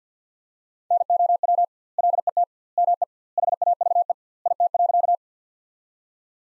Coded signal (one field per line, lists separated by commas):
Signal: Morse code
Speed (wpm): 50 wpm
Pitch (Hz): 700 Hz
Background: none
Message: NOW LET ME HAVE IT.